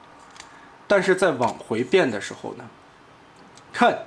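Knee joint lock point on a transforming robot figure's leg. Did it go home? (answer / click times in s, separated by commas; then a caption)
yes / 0.4 s. The plastic leg of a Transformers Studio Series remake WFC Megatron robot figure is folded at the knee, and the lock point at the front of the knee snaps on with a small clunk at 0.4 s. Someone then talks, and a faint tap is heard near 3.6 s.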